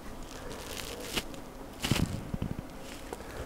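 A throttle pushrod connector is being fitted onto the wide throttle arm of the engine on a Phoenix Model P-40 Warhawk RC airplane, heard as faint scraping and rustling with short clicks and handling bumps. The connector will not go on because it is on the wrong side, and nothing has seated or clicked yet.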